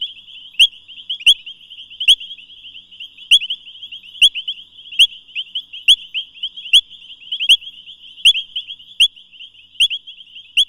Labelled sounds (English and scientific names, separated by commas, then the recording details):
Painted Reed Frog (Hyperolius marmoratus) call
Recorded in the wild
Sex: group
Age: adult
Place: Camp Satara, Krüger Nationalpark, ZA
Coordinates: -24.4, 31.78
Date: 1996-01-12 22:17
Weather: 26°C, Luftfeuchtigkeit 60%
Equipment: Sony TCD-D3 (Longplay), Sennheiser ME 80, K 30 AV
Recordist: Gutsche, Alexander
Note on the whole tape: H.m.taeniatus-Chor (kein Einzeltier): sehr laut (Aussteuerung auf 2!), Entf. 1 - 1,5 m. Danach Einzeltier: sehr laut (Aussteuerung auf 2!), Entf. 0,4 m. Kunstteich mit Cyperus, Typha, Nymphaea. Weitere Arten im Teich: Bufo garmani, Xenopus spec., Pelomedusa subrufa (Testudines). Achtung Aufnahme im Longplay-Modus